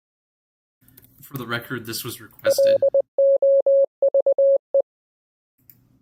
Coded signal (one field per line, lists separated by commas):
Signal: Morse code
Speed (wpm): 20 wpm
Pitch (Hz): 550 Hz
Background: speech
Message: LOVE